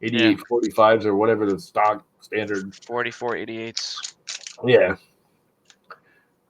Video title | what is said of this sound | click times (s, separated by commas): And continue | just snap right in | 5.7 s, 5.9 s